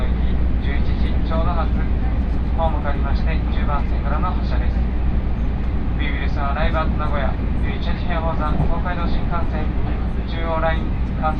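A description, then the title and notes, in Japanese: Aboard a Tokaido Line local train from Gifu to Nagoya, a steady low rumble runs beneath scattered voices talking throughout. 東海道本線各駅停車 岐阜→名古屋。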